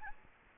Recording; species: mosquito wingbeat signal from an infrared sensor; Aedes albopictus